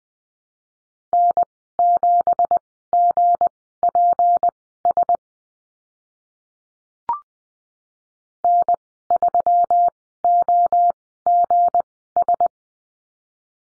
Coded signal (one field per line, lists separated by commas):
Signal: Morse code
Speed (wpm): 20 wpm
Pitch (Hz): 700 Hz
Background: none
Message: N7GPS N3OGS